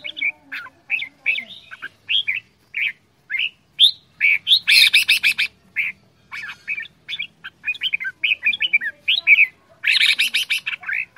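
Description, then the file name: Red-whiskered bulbul singing quick liquid whistled phrases almost continuously, broken twice by loud, harsh, scratchy bursts. Quảng Ngãi, Vietnam; 'chè đao' bulbul, described as having a frantic voice. "tieng chao mao quang ngai che dao giong dien cuong"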